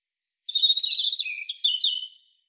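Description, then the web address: European robin song: one quick phrase of high warbled notes, shifting from a wavering trill into sharper rising and falling twitters. No other sounds. "SETE Erithacus rubecula"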